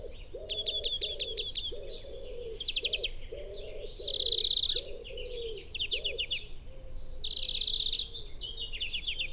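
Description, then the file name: European greenfinch singing rapid rattling trills and a long wheezy buzz, repeated between twitters, while another bird gives low hollow drawn-out notes underneath. "Chloris chloris"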